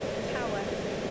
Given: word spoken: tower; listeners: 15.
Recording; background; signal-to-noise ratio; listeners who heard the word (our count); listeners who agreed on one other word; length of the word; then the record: one English word in noise, from a listening test; speech-shaped noise; -6.5 dB; 3 of 15; 9 of 15; 0.71 s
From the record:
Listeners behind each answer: 9, 3, 2, 1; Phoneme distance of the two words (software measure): 10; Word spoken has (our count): 2 syllables, 3 phonemes, stress on syllable 1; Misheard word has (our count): 2 syllables, 3 phonemes, stress on syllable 1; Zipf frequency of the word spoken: 4.50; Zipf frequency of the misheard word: 5.29